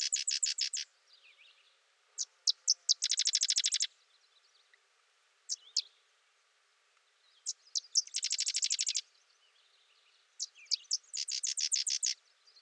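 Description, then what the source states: Sedge wren song, high dry chips then a fast mechanical chatter, repeated several times, with soft twittering between phrases. Singing close for over 3 minutes.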